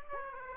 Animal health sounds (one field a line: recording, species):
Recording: mosquito wingbeat signal from an infrared sensor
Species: Aedes aegypti